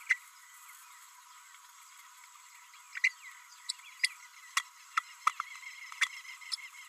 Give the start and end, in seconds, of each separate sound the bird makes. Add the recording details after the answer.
0.09-0.17, 2.97-2.99, 3.04-3.12, 3.68-3.72, 4.56-4.62, 4.96-5.00, 5.26-5.29, 6.01-6.05, 6.52-6.56. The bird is a female. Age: 32 days. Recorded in a nest box in Venezuela. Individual 17B32A5